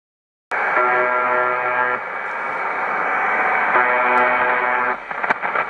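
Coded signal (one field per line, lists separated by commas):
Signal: channel marker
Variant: UVB-76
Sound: two short rasping buzzes through heavy shortwave static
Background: radio static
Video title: UVB-76 The Buzzer / Tecsun PL-660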